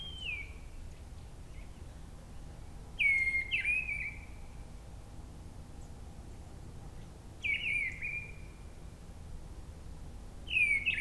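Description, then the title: Mistle Thrush singing brief clear whistled phrases with slight descending flourishes, four phrases separated by pauses of a few seconds, faint background hum. Brison-Saint-Innocent, France; forest edge, singing perched high in a treetop; Sunday; grey weather, 10°C; a quieter moment lets the bird be heard alone. "Brison-Saint-Innocent, France - Grive draine"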